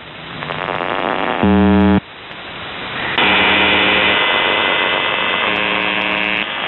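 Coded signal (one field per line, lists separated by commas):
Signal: channel marker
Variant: UVB-76 (The Buzzer)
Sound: shortwave hiss with one short harsh low buzz, then a rising hum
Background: radio static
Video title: The Buzzer/UVB-76(4625Khz) May 18th, 2023 Voice messages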